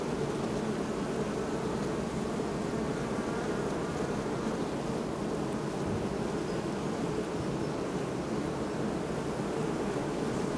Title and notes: Botanischer Garten Oldenburg, bee hives, hum of hundreds of bees